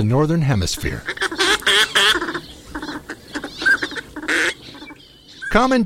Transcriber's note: Call of Northern Pintail, and splashing if possible